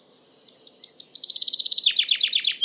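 Common chaffinch song: an accelerating series of sweet high notes building into a dense trill, then louder falling notes, cut off near the end.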